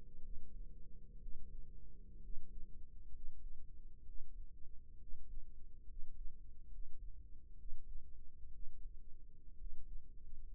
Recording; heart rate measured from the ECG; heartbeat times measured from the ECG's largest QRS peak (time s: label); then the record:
heart sounds by microphone in the right ear; 64 bpm
0.21 s: heartbeat
1.19 s: heartbeat
2.21 s: heartbeat
3.11 s: heartbeat
4.04 s: heartbeat
4.98 s: heartbeat
5.86 s: heartbeat
6.69 s: heartbeat
7.56 s: heartbeat
8.51 s: heartbeat
9.56 s: heartbeat
10.49 s: heartbeat
From the record:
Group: healthy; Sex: male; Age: 22 years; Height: 181 cm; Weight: 79 kg